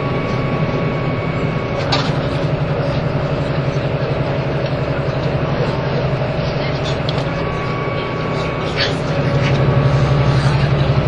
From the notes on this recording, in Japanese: 名古屋～富山